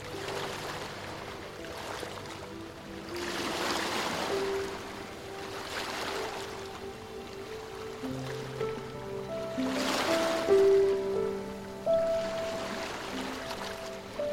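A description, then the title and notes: Soft piano plays slow, held notes in the middle range over ocean waves that swell and wash in roughly every two to three seconds. Brighter, sustained notes ring out around ten to twelve seconds, while the steady surf hiss keeps rising and falling underneath. Piano & Ocean Sounds. The sparkling waves gently kiss the shore.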